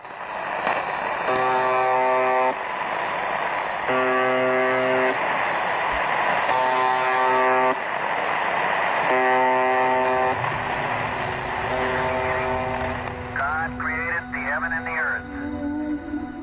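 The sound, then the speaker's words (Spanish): A shortwave buzzer station transmits a series of harsh, droning buzz tones in steady repeated bursts, each about a second long, over constant static hiss, with warbling interference tones near the end. “Pues hemos comentado ya las emisoras de números, las balizas, y ahora tenemos necesariamente que hablar del zumbador. Vamos a oír un tercer audio y lo comentamos.”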